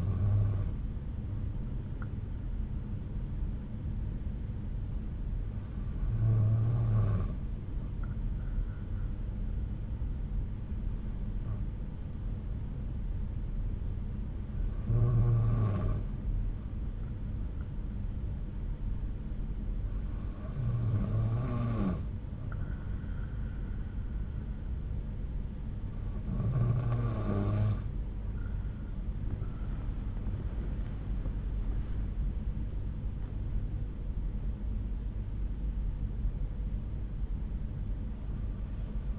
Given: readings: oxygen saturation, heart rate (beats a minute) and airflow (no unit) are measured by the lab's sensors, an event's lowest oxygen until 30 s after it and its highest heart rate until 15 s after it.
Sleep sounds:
breathing in sleep by a smartphone at the bedside; 1
5.00-30.00 s: hypopnea (N2, oxygen 94% highest, then 92% lowest)
From the record:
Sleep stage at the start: N2 (light sleep); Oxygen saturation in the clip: 92 to 94%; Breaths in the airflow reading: 8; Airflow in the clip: -7.6 to 9.3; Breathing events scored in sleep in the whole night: 368 in 8.0 hours asleep

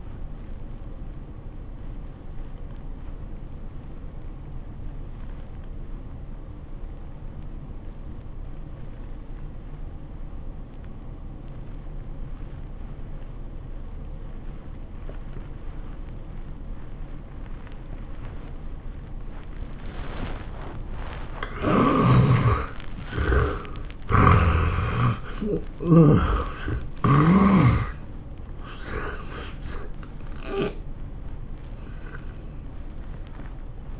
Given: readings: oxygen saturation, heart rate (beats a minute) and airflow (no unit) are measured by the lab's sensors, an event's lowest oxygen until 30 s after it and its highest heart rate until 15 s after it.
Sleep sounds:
breathing in sleep by a smartphone at the bedside; 1
3.00-21.80 s: obstructive apnea (N1, oxygen 95% highest, then 72% lowest, heart rate 85 at the start, 103 highest)
33.00-34.00 s: new sleep stage, awake
From the record:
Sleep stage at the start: N1 (lightest sleep); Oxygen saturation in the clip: 73 to 95%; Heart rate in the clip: 79 to 103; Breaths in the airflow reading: 4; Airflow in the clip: -21.1 to 15.4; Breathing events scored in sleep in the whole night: 403 in 5.5 hours asleep

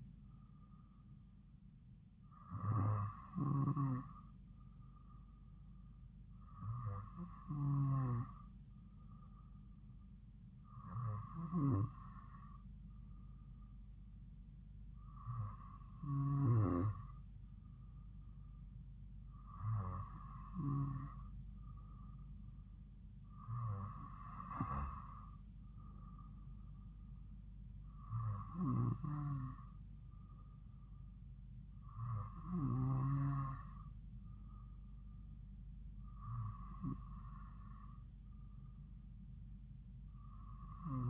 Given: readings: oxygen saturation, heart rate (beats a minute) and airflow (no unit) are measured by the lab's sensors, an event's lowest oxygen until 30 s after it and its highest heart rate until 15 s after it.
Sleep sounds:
breathing in sleep by a smartphone at the bedside; none
none scored
From the record:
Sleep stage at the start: N3 (deep sleep); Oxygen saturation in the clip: 94%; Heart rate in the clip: 56 to 57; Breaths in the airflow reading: 9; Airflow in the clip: -2.4 to 2.4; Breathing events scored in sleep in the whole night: 270 in 6.1 hours asleep

